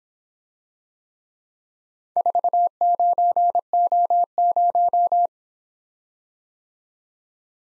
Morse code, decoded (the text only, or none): 49O0